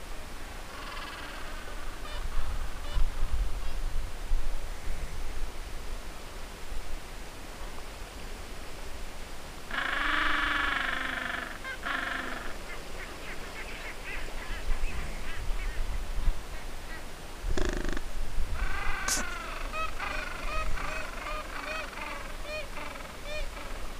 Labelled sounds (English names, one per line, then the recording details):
Gentoo Penguin
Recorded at the colony at Cape Tuxen, Antarctica, on 4 January 2015
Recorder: Song Meter SM2+